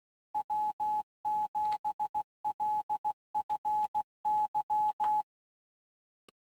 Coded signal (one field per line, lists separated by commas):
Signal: Morse code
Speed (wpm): 16 wpm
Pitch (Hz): 850 Hz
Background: none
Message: W7LFY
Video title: morsewalker.com walkthrough.